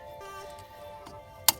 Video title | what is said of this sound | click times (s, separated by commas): How to install e90 N54 eBay Charge Pipe and HKS blow off valve(bov) install and review. | there I just heard it snap in the groove I think it's in the groove now | 1.5 s